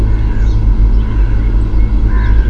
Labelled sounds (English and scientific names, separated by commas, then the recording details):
Song Thrush (Turdus philomelos)
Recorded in Germany
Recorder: ecoPi